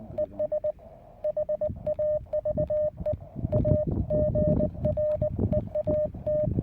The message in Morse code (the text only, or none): ES HAVE A GREAT